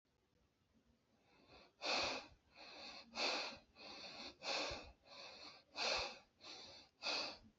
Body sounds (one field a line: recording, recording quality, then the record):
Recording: shallow breathing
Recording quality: excellent, no background noise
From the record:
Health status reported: healthy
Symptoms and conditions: none ticked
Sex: male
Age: 27 years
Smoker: not ticked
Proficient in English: yes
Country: India